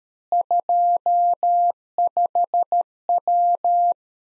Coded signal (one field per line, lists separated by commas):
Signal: Morse code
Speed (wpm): 13 wpm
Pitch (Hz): 700 Hz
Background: none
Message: 25W